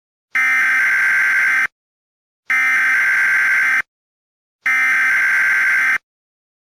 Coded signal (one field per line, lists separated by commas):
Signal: Emergency Alert System (SAME) tones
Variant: header bursts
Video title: The escape of the indoraptor (eas alarm jurassic world s1 ep1)